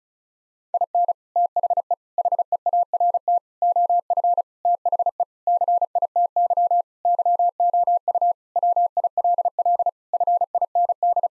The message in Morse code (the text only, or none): IN THE HEART OF THE CITY YOU WILL FIND